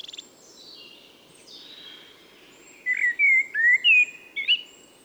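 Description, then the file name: Common blackbird song phrase of several fluted whistles in quick succession, after faint high notes. "Turdus merula"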